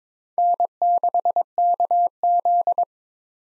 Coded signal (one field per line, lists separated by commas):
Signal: Morse code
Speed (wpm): 21 wpm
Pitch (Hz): 700 Hz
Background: none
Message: N6KZ